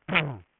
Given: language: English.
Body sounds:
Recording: throat vibration sensor signal played as sound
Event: throat clearing

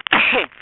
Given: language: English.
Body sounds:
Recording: throat vibration sensor signal played as sound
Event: cough

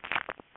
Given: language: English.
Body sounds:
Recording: throat vibration sensor signal played as sound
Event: swallow

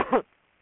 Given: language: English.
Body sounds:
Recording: throat vibration sensor signal played as sound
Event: cough

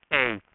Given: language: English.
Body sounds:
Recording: throat vibration sensor signal played as sound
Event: speech

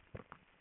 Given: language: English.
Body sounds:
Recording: throat vibration sensor signal played as sound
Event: swallow

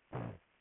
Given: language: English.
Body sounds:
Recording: throat vibration sensor signal played as sound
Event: throat clearing

